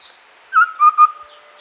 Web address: Streak-Breasted Scimitar Babbler Call